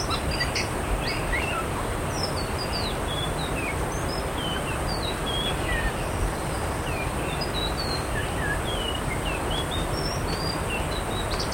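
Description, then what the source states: Ciung song: a fast, scattered series of short, high whistled and chirping notes, some rising and some falling, over a constant loud hiss of background noise. Ngeriwik-style song.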